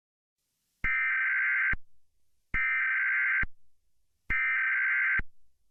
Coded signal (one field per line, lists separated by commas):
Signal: Emergency Alert System (SAME) tones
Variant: header bursts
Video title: Winters Curse: A EAS Scenario